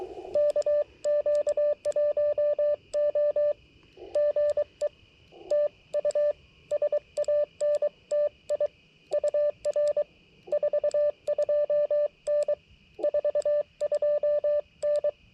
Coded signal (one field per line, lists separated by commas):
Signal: Morse code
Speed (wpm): 23 wpm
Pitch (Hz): 590 Hz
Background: radio noise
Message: KQ1O GE TU SANTI UR 42N 42N